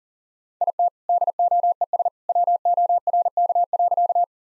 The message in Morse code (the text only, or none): IT DOES WORK.